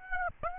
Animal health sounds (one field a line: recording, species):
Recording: mosquito wingbeat signal from an infrared sensor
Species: Aedes aegypti